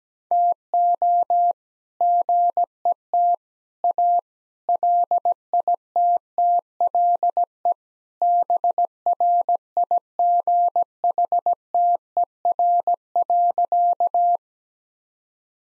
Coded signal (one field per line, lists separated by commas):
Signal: Morse code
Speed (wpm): 17 wpm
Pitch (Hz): 700 Hz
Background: none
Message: TO GET A LITTLE BRIGHTER.